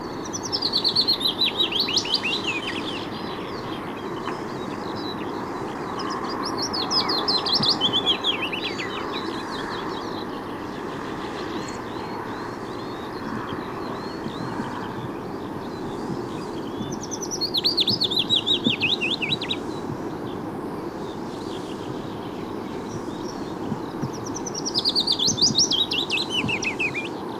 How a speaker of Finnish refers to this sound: Ja nyt pajulintu.